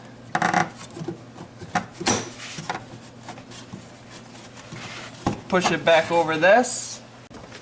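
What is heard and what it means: A crankcase vent hose fitting is pushed back over a port on a 3.5L EcoBoost engine during a JLT V3.0 oil separator (catch can) install, with short plastic-like knocks and rubbing handling sounds throughout while someone talks. Nothing has seated or clicked yet; the clip ends before the fitting goes home.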